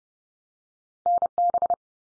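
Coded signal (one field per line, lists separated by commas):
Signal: Morse code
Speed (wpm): 30 wpm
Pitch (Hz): 700 Hz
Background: none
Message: NB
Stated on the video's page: Head-copy drill of Canadian province and territory names sent at 30wpm, each sent in Morse, spoken, then sent again.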